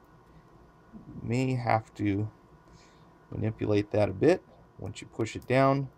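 A small metal retaining bracket is handled over the home button flex cable's pop connector inside an iPhone 5S while someone talks. The bracket is not yet pushed home, and nothing has seated or clicked yet.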